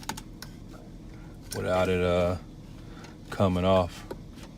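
The reassembled tape-deck piece is handled while being worked back into the plastic center console of a Chevy/GMC truck, with a few short, sharp ticks near the start and someone talking in two bursts. Nothing has seated or clicked into place yet.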